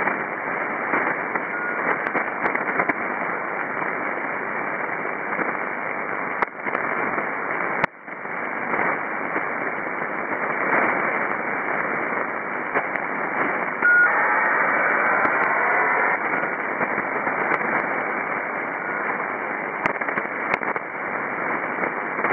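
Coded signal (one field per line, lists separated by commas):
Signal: ACARS aircraft data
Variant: HFDL (ACARS over HF)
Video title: ACARS-HF Node 17 (Teide, Gran Canaria, Canary Islands) - 6529 kHz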